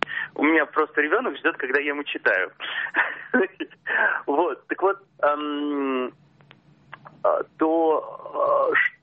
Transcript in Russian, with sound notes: У меня просто ребенок ждет, когда я ему читаю. (смеется) Вот. Так вот, то, что…